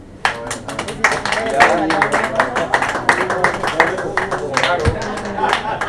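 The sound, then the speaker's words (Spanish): An audience bursts into sustained, dense applause, many hands clapping at once for several seconds, with voices shouting and cheering mixed into the noise. “Primera, aplausos por Putin, trilogía. Trump y Evo.”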